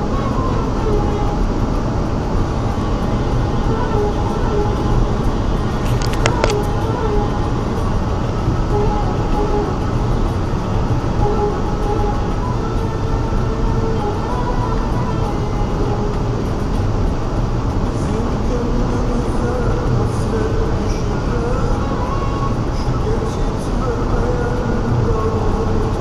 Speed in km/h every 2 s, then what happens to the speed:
159, 159, 157, 155, 153, 152, 150, 149, 150, 152, 150, 148, 148.
0-26 steady at about 152.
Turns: none.